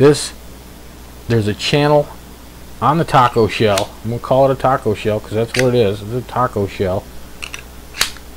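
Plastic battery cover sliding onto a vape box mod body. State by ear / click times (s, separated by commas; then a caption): seated / 8.0 s. Someone talks about the sliding plastic battery door cover, which they call a "taco shell," on a Kangertech KBOX 120 vape box mod while pushing it back along its channel on the mod body. A few small clicks and scrapes come near the end, and at 8.0 s the cover snaps firmly home with a sharp click. It seats and stays in place.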